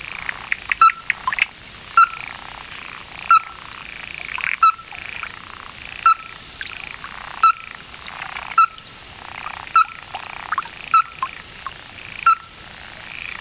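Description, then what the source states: Ruddy-breasted Crake repeating short, hard knocking notes about every second or so, amid softer sounds and a continuous high hum. Described as a bird of Hokkaido, Japan.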